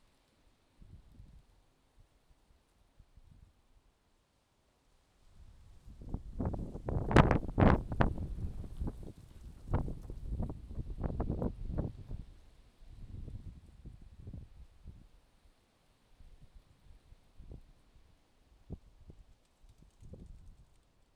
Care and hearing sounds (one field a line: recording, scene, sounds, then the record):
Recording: everyday scene through a hearing-aid microphone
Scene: wind on the microphone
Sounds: wind, traffic, birds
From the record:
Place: suburban garden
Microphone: in the ear canal, left